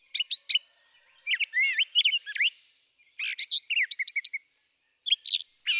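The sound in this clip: Brown thrasher singing varied phrases: sharp chirps, rising and falling slurred whistles and rapid clicking notes, separated by short gaps on a quiet background.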